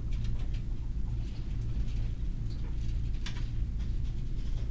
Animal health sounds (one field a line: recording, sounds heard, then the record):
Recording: poultry house recording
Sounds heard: healthy chickens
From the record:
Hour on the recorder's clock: 7